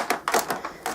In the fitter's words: and then that clicks back into place